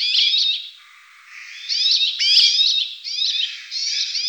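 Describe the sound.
Rock sparrow calls, overlapping nasal, wheezy notes run together in a near-continuous chatter, rising and falling in loudness with only a short lull.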